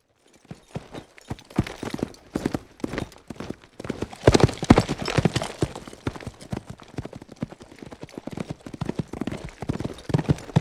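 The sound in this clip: Horse galloping, hooves striking in quick irregular bursts of about two per second, growing louder and busier midway.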